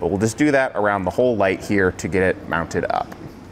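A Peterson trailer tail light is being handled and pushed into its rubber mounting grommet, with the seal worked around the rim of the light, while someone talks throughout. Nothing has seated or clicked into place yet.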